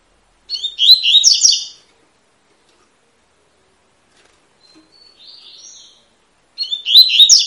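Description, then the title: Double-collared seedeater song: two dense phrases of fast, warbled high notes about six seconds apart, with a faint thin whistle in the pause. Tui-tui song style, described as fibra; a teaching song for young birds. "COLEIRO TUI TUI FIBRA"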